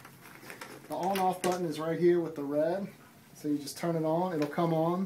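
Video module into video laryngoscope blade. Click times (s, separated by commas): 0.5 s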